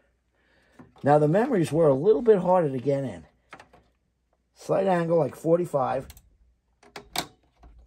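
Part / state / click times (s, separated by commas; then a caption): memory module into a socket on a synth expansion board / seated / 7.0 s, 7.2 s. Someone talks while a second memory module, tilted in at about 45 degrees, is rotated up into its socket on a Korg Triton synth expansion board. Two sharp snaps at about 7.0 s and 7.2 s mark both retaining clips locking, and the module is seated.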